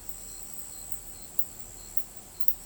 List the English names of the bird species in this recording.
none